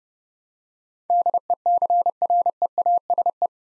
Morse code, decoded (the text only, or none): DECREASE